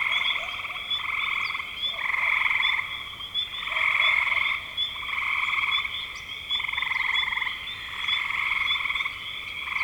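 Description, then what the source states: Dense frog chorus: pulsed, rattling trills repeating roughly every second or two, layered over one another with a constant high whine. Frogs in spring 2025.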